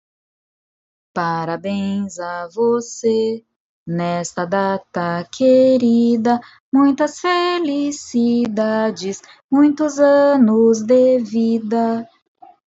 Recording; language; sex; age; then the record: short text; Brazilian Portuguese; female; 40 to 49 years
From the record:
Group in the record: control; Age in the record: 41 years